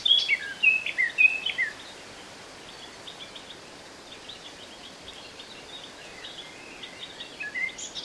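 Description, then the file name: Eurasian blackcap song, a brief, lively burst of warbled notes at the start, then faint scattered notes over steady background noise, with a few louder notes at the end. "Sylvia atricapilla"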